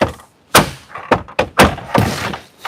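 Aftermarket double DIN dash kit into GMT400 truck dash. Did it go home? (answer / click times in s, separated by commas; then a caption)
no / none. A plastic aftermarket double DIN dash kit is pushed repeatedly into the dash opening of a GMT400 truck, giving hollow thunks at about 0.0, 0.6, 1.1, 1.4 and 2.0 seconds. The kit does not latch, and nothing has clicked or seated.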